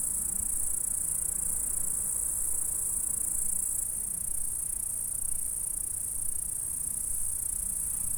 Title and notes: Saint-François-de-Sales, France - insectes. Stridulations dans la prairie. Enregistreur ZoomH4